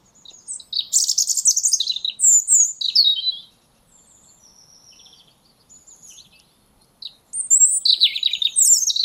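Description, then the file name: European robin singing two long, high, jumbled phrases of sweet whistles and fast twittering trills, separated by a quieter stretch of faint thin notes. "Erithacus rubecula"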